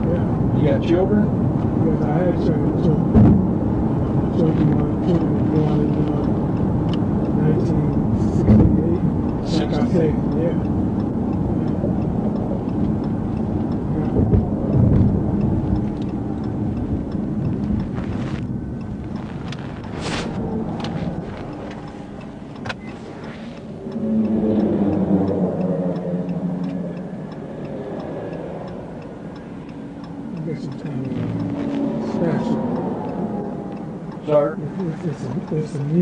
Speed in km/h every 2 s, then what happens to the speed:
105, 101, 98, 92, 87, 76, 63, 56, 35, 13, 0, 0, 0, 0, 0, 0, 0, 0.
0-20 brakes to 0. 20-36 standing.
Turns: 16-19.